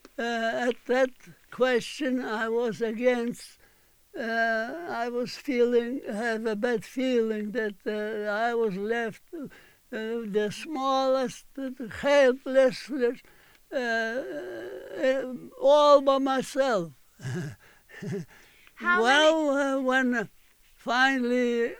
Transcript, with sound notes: at that question I was against, uh, I was feeling, I had a bad feeling that I was left the smallest, helpless, all by myself. (he laughs)
How many...
Well, when finally